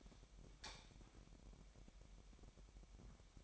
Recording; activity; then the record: daily activity, microphone in the room; light on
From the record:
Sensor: 1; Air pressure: 1012.0 hPa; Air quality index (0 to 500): 232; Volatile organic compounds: 6 ppm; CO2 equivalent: 1850 ppm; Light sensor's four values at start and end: 15/35/15/17 and 18/50/20/22